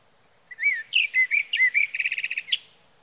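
Sage thrasher song, a warble of slurred whistled notes followed by a fast rattling series of repeated short notes, ending in a sharp note.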